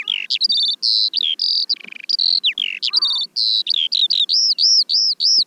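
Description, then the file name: Eurasian skylark song with fast chirps and whistles, ending in a run of repeated arched high notes. "veldleeuwerik"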